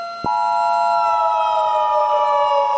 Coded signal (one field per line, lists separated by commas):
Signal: Emergency Alert System (SAME) tones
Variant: 853 and 960 Hz attention tone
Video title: EAS Mock Scenario: North Africa